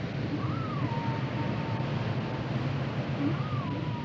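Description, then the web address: Whale calls: two rising-then-falling whistled tones that trail off into long level notes, heard over a heavy low rumble. "Natures Songs Whale Songs Whales and Dolphins - whale nature sounds songs"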